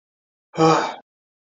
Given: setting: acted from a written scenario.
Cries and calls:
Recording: vocal sound without words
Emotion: distress

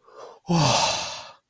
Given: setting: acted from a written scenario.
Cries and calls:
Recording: vocal sound without words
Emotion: relief

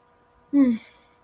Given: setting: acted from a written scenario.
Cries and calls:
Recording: vocal sound without words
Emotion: disappointment

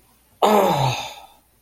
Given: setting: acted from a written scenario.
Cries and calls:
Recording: vocal sound without words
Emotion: disappointment

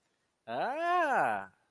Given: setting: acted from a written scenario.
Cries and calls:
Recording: vocal sound without words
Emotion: interest

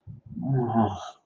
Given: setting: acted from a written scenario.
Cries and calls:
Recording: vocal sound without words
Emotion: guilt

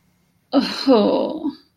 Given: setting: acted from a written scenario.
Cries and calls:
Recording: vocal sound without words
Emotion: guilt

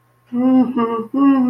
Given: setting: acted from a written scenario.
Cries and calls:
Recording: vocal sound without words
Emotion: shame

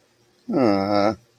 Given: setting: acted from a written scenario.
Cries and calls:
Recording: vocal sound without words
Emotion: adoration

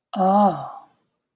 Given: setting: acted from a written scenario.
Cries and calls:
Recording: vocal sound without words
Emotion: awe

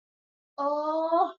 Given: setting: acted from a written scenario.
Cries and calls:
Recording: vocal sound without words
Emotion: guilt

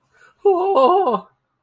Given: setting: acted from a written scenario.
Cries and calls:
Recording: vocal sound without words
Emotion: fear

